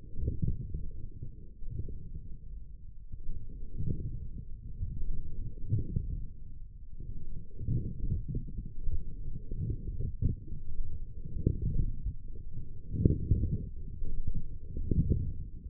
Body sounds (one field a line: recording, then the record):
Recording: forearm muscle sounds (acoustic myography)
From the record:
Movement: forearm supination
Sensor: system 1, eight BSWA MPA416 microphones around the upper forearm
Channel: 3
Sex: male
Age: 20 years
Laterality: left